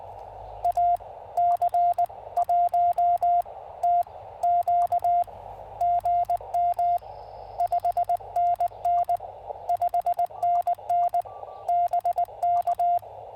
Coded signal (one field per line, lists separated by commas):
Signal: Morse code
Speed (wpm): 19 wpm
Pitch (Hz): 700 Hz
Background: radio noise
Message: AC1TQ GM 5NN 5NN BK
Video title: Pairing the FT-818 and the SpoolTenna For Some QRP POTA Fun!